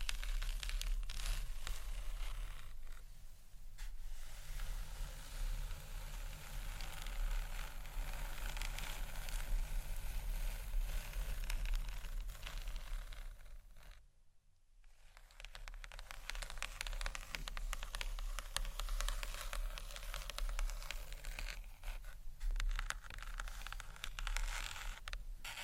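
Gentle scratchy tapping on books runs as a dense, steady crackling texture with a low hum beneath, briefly dropping to near silence around fourteen seconds.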